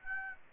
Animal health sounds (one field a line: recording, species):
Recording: mosquito wingbeat signal from an infrared sensor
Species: Aedes aegypti